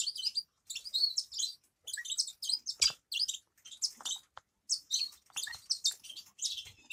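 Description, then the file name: Grass parakeets uttering quick bursts of high, squeaky chirps and twitters with short pauses between groups. "travyanye popugaiciki"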